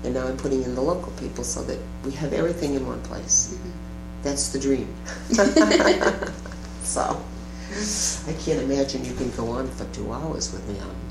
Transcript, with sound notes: Now I'm putting in the local people so that we have everything in one place. That's the dream. [laughter] I can't imagine you can go on for two hours with me.